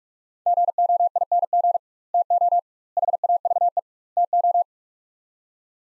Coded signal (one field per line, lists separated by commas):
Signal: Morse code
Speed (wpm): 46 wpm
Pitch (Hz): 700 Hz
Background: none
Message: GOING TO HAVE TO